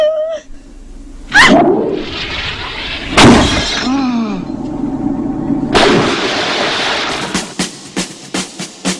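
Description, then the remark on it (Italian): A bottle smashing against a ship's hull, in this case on the head of Fantozzi, in a ship-launch scene: several loud, booming impacts with metallic ringing, then a bright shattering crash followed by a rapid series of sharp, fading clatters. “Il rumore che avete sentito è quello famoso di una bottiglia che si infrange sullo scafo di una nave, in questo caso sulla testa del povero Fantozzi.”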